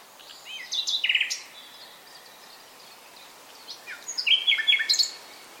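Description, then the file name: Common nightingale delivering two short bursts of fast repeated notes, one early and one near the end. "Luscinia megarhynchos"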